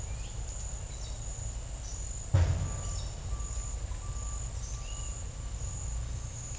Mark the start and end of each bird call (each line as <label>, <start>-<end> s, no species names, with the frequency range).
bird call (7.7-11.4 kHz), 0.72-6.39 s